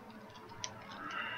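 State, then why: Released. A stiff plastic waist joint in an action figure's torso is twisted until it breaks loose with a sharp snap at 0.6 s, rising above a low background hiss. The figure had a tight waist and now turns freely.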